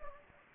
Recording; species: mosquito wingbeat signal from an infrared sensor; Anopheles gambiae